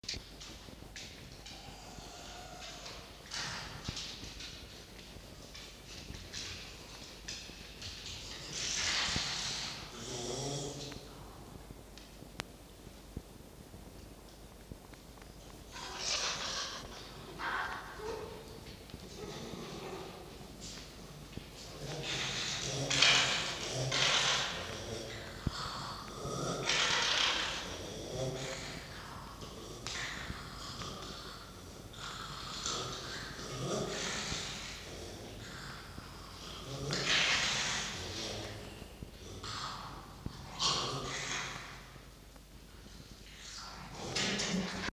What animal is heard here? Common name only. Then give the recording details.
Red Fox. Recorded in captivity. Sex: pair. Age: adult. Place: Zoologisches Institut der HUB, Berlin, DE. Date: 1953-01-12 18:50. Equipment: Elmetra. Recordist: Tembrock, Günter. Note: Jupp: Ranzwinseln; Fiffi: nk und offenes Knurren